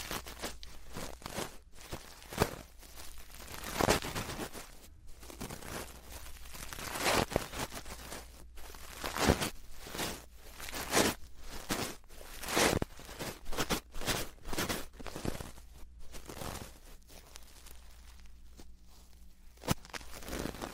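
Ear cleaning and touching makes a dense run of rustling, scratchy bursts and soft crackles, irregular throughout, with a faint low hum underneath.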